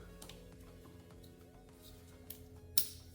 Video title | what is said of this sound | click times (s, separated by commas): 2021-2025 KIA K5 LXS (2.5L GDI) - Replace Purge Control Valve | Listen for the click. | 2.8 s